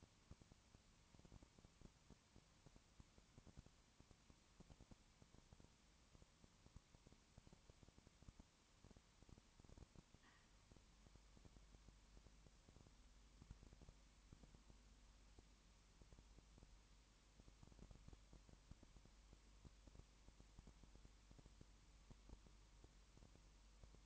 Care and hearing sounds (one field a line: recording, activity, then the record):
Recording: daily activity, microphone in the room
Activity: no activity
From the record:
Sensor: 1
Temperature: 19.7 degrees Celsius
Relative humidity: 40.5%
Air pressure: 1010.7 hPa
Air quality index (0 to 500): 209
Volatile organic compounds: 56 ppm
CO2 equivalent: 3374 ppm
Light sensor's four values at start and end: 1/2/1/1 and 1/2/1/1